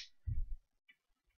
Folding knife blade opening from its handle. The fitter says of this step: As you saw, you hear it snap.